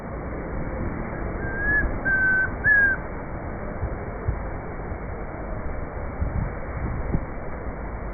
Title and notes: Grallaria ruficapilla o Comprapán. Esta captura fue hecha el día 2 de julio del año 2025, en la Finca Zarautz Claustro Moderno, en Bogotá, Colombia